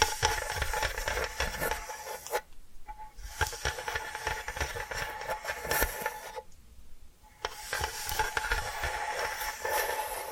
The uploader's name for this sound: Hypnotic Tapping & Scratching Sounds